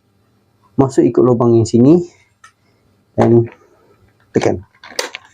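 A plastic attachment is pushed into its socket on a Mi Vacuum G10 cordless stick vacuum while someone talks. After the speech, a short sharp click is heard at 5.0 s as the attachment seats into the socket.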